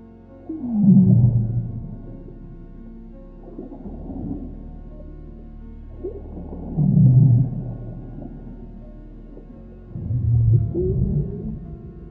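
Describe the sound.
Whale calls: deep rumbling moans swelling and fading in slow waves, low and groaning throughout.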